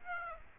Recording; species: mosquito wingbeat signal from an infrared sensor; Aedes aegypti